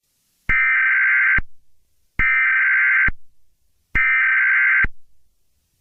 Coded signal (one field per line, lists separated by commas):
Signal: Emergency Alert System (SAME) tones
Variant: header bursts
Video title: EAS Scenario #3: The Werewolf Invasion. Part Two